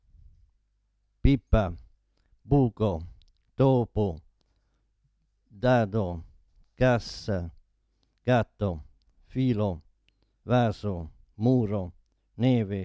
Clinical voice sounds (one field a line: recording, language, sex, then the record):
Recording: read list of words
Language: Italian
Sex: male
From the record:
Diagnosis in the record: Parkinson's disease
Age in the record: 72 years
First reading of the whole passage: 118 s, 4.4 characters per second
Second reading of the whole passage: 99 s, 5.2 characters per second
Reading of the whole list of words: 88 s, 3.2 characters per second